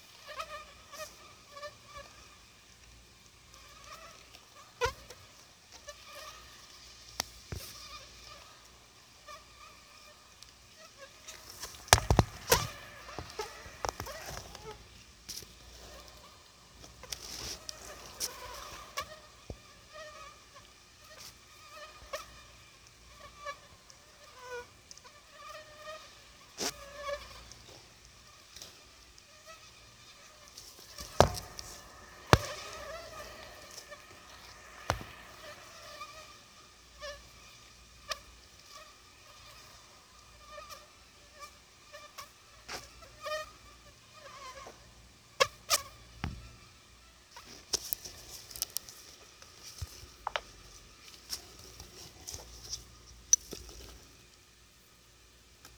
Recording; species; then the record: mosquito flight sound by mobile phone; Anopheles gambiae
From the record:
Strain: Akron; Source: CDC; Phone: Sony Xperia